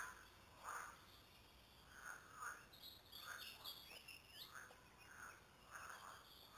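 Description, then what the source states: Frogs croaking with short raspy notes, while a bird whistles a high phrase midway. Several frogs recorded at Lüssow.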